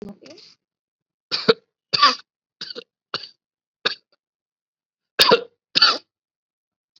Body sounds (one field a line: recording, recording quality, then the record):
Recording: heavy voluntary cough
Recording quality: excellent, no background noise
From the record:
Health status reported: COVID-19 positive, moderate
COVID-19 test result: positive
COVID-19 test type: RT-PCR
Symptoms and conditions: cough, fever, fatigue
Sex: male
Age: 46 years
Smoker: no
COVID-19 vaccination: both doses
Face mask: worn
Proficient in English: yes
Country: India